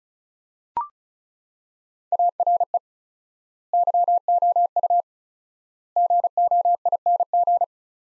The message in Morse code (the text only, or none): ARE YOU GOING